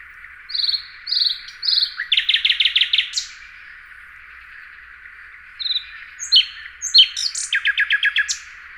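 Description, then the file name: Common nightingale song: slurred whistles leading into a fast run of repeated staccato notes, a pause, then another phrase ending in a rapid repeated trill. "Luscinia megarhynchos"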